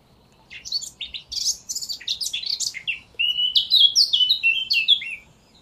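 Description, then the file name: Eurasian blackcap song: a rapid scratchy warble of high notes that turns into a loud, clear fluty flourish dropping at the end, lasting about five seconds. "Sylvia atricapilla"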